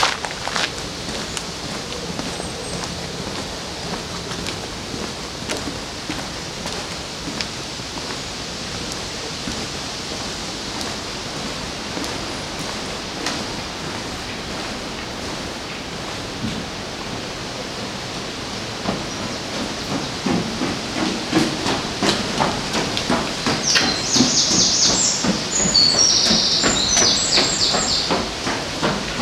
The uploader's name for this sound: Sounds along the river in Odense, Denmark